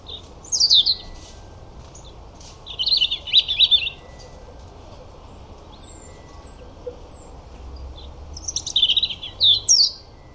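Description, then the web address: European robin song: one- to two-second bursts of high, varied twittering notes, repeated after long pauses, with steady low background noise. "Deverinetal 2025 File origin Bird Only Er Ru"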